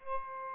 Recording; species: mosquito wingbeat signal from an infrared sensor; Aedes albopictus